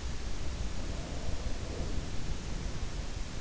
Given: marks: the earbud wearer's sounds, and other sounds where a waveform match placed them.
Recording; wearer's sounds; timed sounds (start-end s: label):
sounds in sleep by an in-ear microphone; breath
0.35-3.01 s: breath